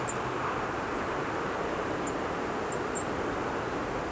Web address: kinglets gcki